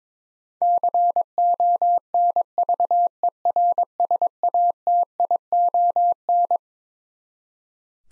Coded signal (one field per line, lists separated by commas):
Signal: Morse code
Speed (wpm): 22 wpm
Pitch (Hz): 700 Hz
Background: none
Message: CONVERSATION